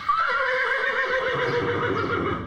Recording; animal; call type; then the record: contact call of a hoofed animal; horse; whinny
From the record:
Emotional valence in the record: positive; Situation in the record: reunion with the whole group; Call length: 2.5 s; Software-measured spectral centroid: 1620 Hz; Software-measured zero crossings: 2390 a second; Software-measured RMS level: -24 dBFS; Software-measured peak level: -12 dBFS